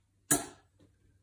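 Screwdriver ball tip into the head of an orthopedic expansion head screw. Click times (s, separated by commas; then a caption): 0.3 s. The ball tip of a DePuy Synthes Multiloc screwdriver, with its inner lumen left proud, is pressed into the head of an orthopedic expansion head bone screw. A single sharp, bright click sounds at 0.3 s and fades over about a quarter second, followed by a faint softer sound near 0.8 s. The screw clicks onto the screwdriver and is seated.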